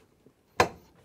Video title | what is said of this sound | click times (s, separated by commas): Cooke and Lewis 2016 - Premium Plus Drawers | and if it doesn't click just pull it slightly forwards reach in and push it with your fingers | 0.6 s